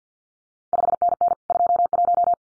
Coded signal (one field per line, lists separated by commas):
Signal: Morse code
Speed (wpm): 50 wpm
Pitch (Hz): 700 Hz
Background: none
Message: 5NN 21